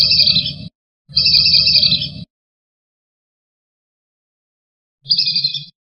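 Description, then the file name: Wandering whistling duck calling in rough high whistled bursts, two close together, then a long silence before a shorter final burst. "audio-burung-belibis-kembang -omkicau"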